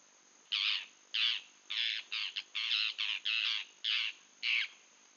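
Bird giving a series of about nine harsh, raspy caw-like calls, uneven in spacing, over a faint steady high-pitched tone in the background.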